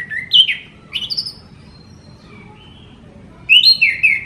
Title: Suara Burung Anis Merah Gacor Teler Doyorng Juara